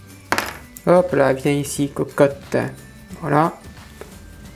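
Two plastic parts of a 1/8 scale Peugeot 205 GTI 1.9 model engine's air intake/flowmeter assembly are pressed together without screws. A sharp snap at 0.3 s marks them seating together perfectly, followed by someone talking over faint background music.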